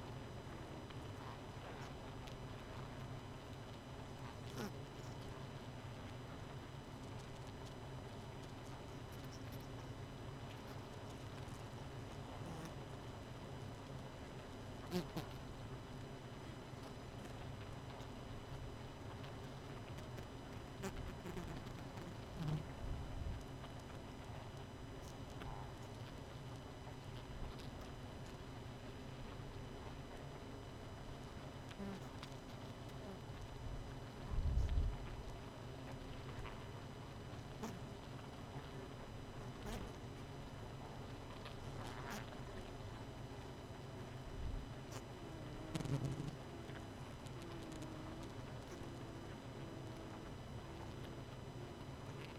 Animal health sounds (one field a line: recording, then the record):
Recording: honeybee colony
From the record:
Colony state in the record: missing queen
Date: 31 May 2018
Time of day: 23:42